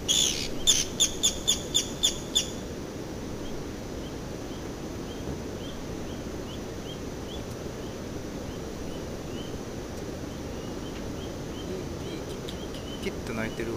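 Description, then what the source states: Japanese pygmy woodpecker giving a quick series of several squeaky, rasping notes, then fainter notes continuing against constant background hiss. Self-assertive calls, perhaps birds fighting; two birds seem to call to each other or to a distant bird; played from an archive recording.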